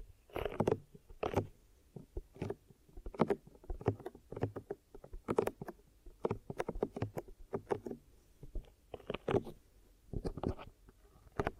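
Ear massage and cleaning: a stream of short, irregular squelching and rubbing bursts, some thick and low, others crackling up high, arriving every fraction of a second with brief gaps. A faint, steady low murmur runs underneath throughout.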